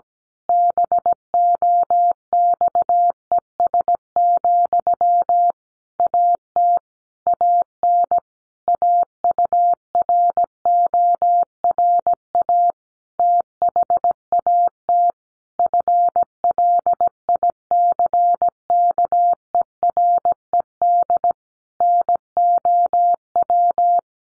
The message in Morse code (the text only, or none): BOXES, AT AN AURORA THAT FLICKERED NOW